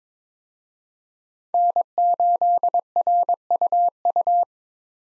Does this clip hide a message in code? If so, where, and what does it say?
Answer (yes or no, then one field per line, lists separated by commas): yes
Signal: Morse code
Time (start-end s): 1.5-4.4 s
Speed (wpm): 22 wpm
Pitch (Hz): 700 Hz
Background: none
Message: N8RUU